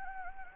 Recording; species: mosquito wingbeat signal from an infrared sensor; Anopheles gambiae